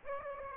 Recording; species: mosquito wingbeat signal from an infrared sensor; Aedes aegypti